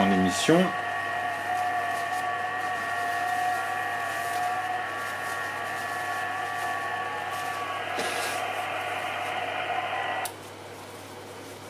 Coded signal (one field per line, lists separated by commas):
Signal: FT8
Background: speech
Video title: Tuto FT8 depuis smartphone vers Xiegu G90 sans CAT CONTROL